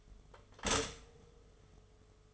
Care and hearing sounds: daily activity, microphone in the room; stop toaster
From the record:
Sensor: 4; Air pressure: 1015.5 hPa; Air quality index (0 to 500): 201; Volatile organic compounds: 10 ppm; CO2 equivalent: 2241 ppm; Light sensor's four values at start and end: 4/9/3/3 and 4/8/3/3

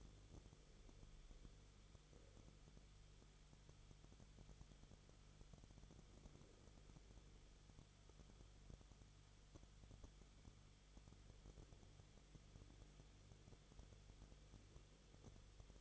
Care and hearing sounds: daily activity, microphone in the room; no activity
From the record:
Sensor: 4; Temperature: 22.9 degrees Celsius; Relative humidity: 34.5%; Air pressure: 1011.5 hPa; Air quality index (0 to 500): 193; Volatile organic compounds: 13 ppm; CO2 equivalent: 2388 ppm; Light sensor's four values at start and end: 2/3/1/1 and 2/3/1/1

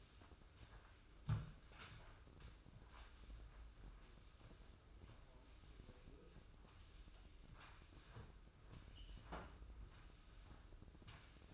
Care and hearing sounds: daily activity, microphone in the room; sweep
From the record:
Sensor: 2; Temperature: 24.2 degrees Celsius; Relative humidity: 31.4%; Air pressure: 995.8 hPa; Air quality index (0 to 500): 93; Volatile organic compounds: 5 ppm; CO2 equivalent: 1716 ppm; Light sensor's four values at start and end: 26/82/33/31 and 25/80/32/30

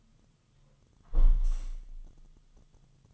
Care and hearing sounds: daily activity, microphone in the room; close window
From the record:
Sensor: 4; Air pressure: 1005.6 hPa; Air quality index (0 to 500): 99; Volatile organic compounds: 2 ppm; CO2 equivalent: 1226 ppm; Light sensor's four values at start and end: 13/29/11/11 and 13/29/11/11

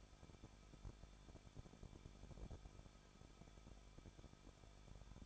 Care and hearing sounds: daily activity, microphone in the room; no activity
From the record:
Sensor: 5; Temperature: 20.7 degrees Celsius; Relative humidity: 38.7%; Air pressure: 1006.5 hPa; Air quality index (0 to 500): 193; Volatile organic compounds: 21 ppm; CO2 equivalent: 2725 ppm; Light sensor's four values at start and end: 2/3/1/1 and 2/3/1/1

